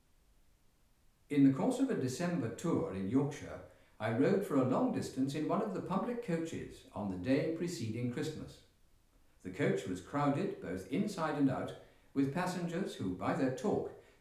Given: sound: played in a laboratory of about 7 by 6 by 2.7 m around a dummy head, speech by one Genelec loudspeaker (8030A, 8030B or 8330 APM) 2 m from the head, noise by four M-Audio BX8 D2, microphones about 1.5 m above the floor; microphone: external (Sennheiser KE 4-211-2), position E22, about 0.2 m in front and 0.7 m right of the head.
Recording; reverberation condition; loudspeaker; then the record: male speech in English; medium; behind (180 degrees)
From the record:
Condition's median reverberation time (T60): about 510 ms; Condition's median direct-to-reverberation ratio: about -0.5 dB